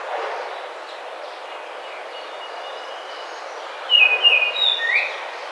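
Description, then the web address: Baltimore Oriole calling, a brief burst of four clear whistled notes near the end, over constant broad rushing noise. Recorded on 28 May 2009. "Baltimore Oriole 2009 05 28"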